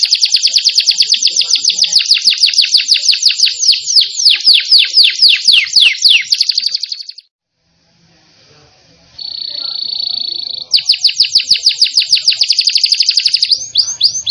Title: Kenari Gacor